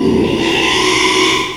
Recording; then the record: squeal of a Yucatan mini pig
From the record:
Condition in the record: after surgery on the right vocal fold (resection and tissue-engineered implant); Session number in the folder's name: 1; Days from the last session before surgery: 6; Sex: male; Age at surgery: 12 weeks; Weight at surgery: 13 kg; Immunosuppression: cyclosporine, prednisolone